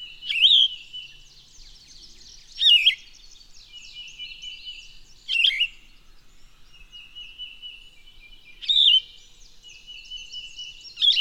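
Bird song: a loud, sharp whistled phrase repeats five times at uneven intervals over a steady high twittering background.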